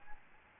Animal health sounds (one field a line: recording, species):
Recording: mosquito wingbeat signal from an infrared sensor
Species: Aedes albopictus